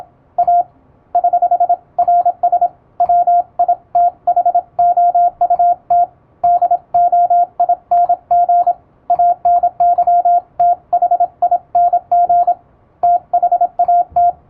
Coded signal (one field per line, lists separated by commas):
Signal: Morse code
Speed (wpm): 26 wpm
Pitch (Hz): 700 Hz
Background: radio noise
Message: A <HH> RS WITHOUT DOING ANYTHING THAT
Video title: モールス信号を打ってみた！エレキーを使うと高速でモールスが打てます！欧文モールス符号を欧文練習帳で打ってみました、YouTubeの再生速度を調整して聴いてみよう morse code practice